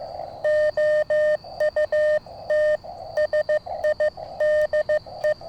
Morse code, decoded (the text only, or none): OUTSIDE